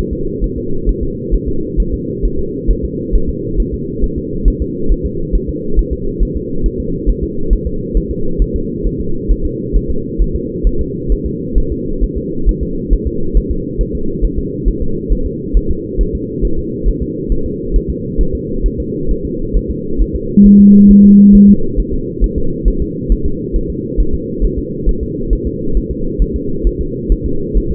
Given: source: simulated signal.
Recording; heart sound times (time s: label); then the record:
fetal heart sounds
0.13 s: S2
0.44 s: S1
0.58 s: S2
0.89 s: S1
1.03 s: S2
1.34 s: S1
1.48 s: S2
1.80 s: S1
1.94 s: S2
2.25 s: S1
2.39 s: S2
2.71 s: S1
2.85 s: S2
3.15 s: S1
3.29 s: S2
3.60 s: S1
3.74 s: S2
4.04 s: S1
4.18 s: S2
4.48 s: S1
4.62 s: S2
4.92 s: S1
5.06 s: S2
5.35 s: S1
5.49 s: S2
5.79 s: S1
5.93 s: S2
6.23 s: S1
6.37 s: S2
6.66 s: S1
6.80 s: S2
7.09 s: S1
7.23 s: S2
7.53 s: S1
7.67 s: S2
7.97 s: S1
8.11 s: S2
8.42 s: S1
8.56 s: S2
8.87 s: S1
9.00 s: S2
9.31 s: S1
9.45 s: S2
9.76 s: S1
9.91 s: S2
10.22 s: S1
10.35 s: S2
10.67 s: S1
10.81 s: S2
11.12 s: S1
11.26 s: S2
11.58 s: S1
11.72 s: S2
12.04 s: S1
12.18 s: S2
12.49 s: S1
12.63 s: S2
12.93 s: S1
13.07 s: S2
13.37 s: S1
13.51 s: S2
13.81 s: S1
13.95 s: S2
14.25 s: S1
14.38 s: S2
14.68 s: S1
14.82 s: S2
15.12 s: S1
15.26 s: S2
15.57 s: S1
15.71 s: S2
16.01 s: S1
16.15 s: S2
16.45 s: S1
16.59 s: S2
16.88 s: S1
17.02 s: S2
17.32 s: S1
17.46 s: S2
17.76 s: S1
17.90 s: S2
18.21 s: S1
18.35 s: S2
18.66 s: S1
18.80 s: S2
19.11 s: S1
19.25 s: S2
19.56 s: S1
19.70 s: S2
20.02 s: S1
20.16 s: S2
20.46 s: S1
20.60 s: S2
20.91 s: S1
21.05 s: S2
21.35 s: S1
21.49 s: S2
21.80 s: S1
21.94 s: S2
22.24 s: S1
22.38 s: S2
22.68 s: S1
22.82 s: S2
23.12 s: S1
23.26 s: S2
23.56 s: S1
23.70 s: S2
24.00 s: S1
24.14 s: S2
24.45 s: S1
24.59 s: S2
24.89 s: S1
25.03 s: S2
25.33 s: S1
25.47 s: S2
25.77 s: S1
25.91 s: S2
26.22 s: S1
26.36 s: S2
26.67 s: S1
26.81 s: S2
27.12 s: S1
27.26 s: S2
27.57 s: S1
27.72 s: S2
From the record:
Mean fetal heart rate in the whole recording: 135 bpm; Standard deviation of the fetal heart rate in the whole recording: 3 bpm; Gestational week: 36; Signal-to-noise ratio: -8.1 dB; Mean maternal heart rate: 72 bpm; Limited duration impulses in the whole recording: present